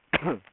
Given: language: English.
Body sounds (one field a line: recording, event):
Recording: throat vibration sensor signal played as sound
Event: cough